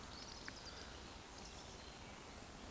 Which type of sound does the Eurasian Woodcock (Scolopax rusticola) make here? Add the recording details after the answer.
whistle. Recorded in Baden-Württemberg, Germany, on 15 June 2020 at 20:03 UTC. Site 14569, 102 m above sea level